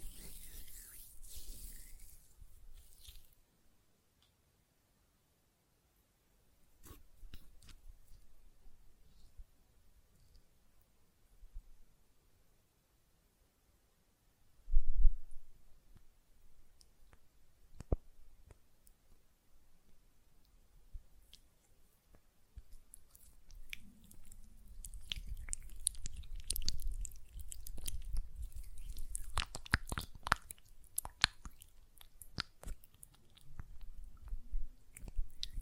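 Gel lotion being worked between hands, with soft wet squishes and sticky clicks. Sounds come in scattered bursts with quiet gaps early on, a sharp louder smack near fifteen seconds, then denser, continuous rubbing and squelching from about twenty-four seconds to the end.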